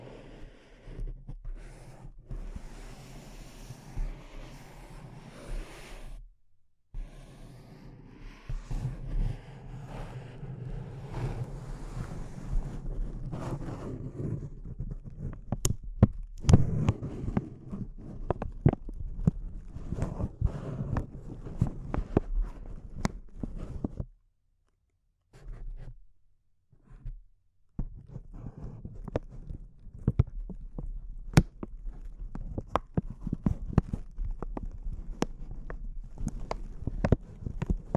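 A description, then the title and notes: Crinkling fills the clip in dense, irregular bursts of sharp crackles, softer and hissier in the first fifteen seconds, then sparser with louder snaps. Full silences break it around 6 seconds and again from about 24 to 28 seconds, with a low rumble underneath. ASMR Intense Close-Up Crinkles (No Talking).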